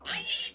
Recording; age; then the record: pig call; piglet (1 to 25 days)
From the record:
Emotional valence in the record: negative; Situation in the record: castration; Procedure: castration, cut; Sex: male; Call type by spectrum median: high-frequency call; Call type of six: mixed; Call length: 0.55 s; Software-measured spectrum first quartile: 2780 Hz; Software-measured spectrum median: 3740 Hz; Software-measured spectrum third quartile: 5792 Hz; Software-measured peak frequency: 2869 Hz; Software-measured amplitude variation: 158 dB a second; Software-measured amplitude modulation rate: 12.8 a second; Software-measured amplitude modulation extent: 12.4 dB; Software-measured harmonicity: 3.0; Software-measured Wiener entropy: -1.93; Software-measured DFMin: 694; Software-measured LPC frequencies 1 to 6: 954, 1761, 2796, 3309, 5660, 7737 Hz